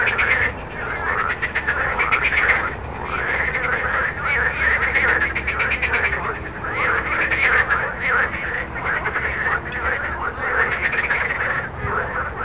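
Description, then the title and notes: Overlapping frog croaks form a continuous rattling chorus, rising and falling in bursts, with traffic noise throughout. Recorded at Jardins de la Ligne, Montaudran, Toulouse, France, with road noise, using a Zoom H4n. "Jardins de la Ligne, 1 Rue Jacqueline Auriol, 31400 Toulouse, France - Frog Montaudran. Frog and road captation zoom h4n"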